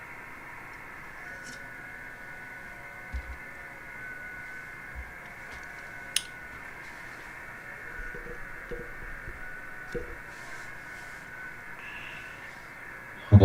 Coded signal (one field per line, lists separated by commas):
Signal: FT8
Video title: 40 METER FT-8 ON SUNDAY MORNING